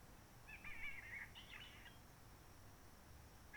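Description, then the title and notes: Réunion bulbul song: a warbled phrase of two burbling parts, then a brief start of another phrase at the end, over steady low background hiss. Roche Merveilleuse, Réunion; quiet forest, sunny blue sky, since 19 March 2020 lockdown without visitors, microlights or helicopters; birds not very active; bulbul sings simpler short phrases, habit from enduring aircraft noise. "Roche Merveilleuse, Réunion - Merle de lîle de la Réunion. depuis le 19 mars 2020 c'est calme même quand il fait beau"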